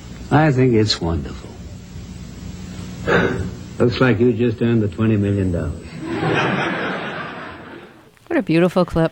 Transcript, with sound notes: I think it's wonderful. Looks like you just earned the $20 million.
(LAUGHTER) What a beautiful clip.